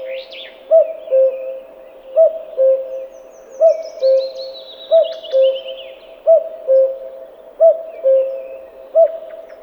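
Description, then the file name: Common cuckoo giving a steady series of soft two-note cu-koo calls, each dropping in pitch, about every 1.4 seconds, with faint songbird chatter. "Kukavica"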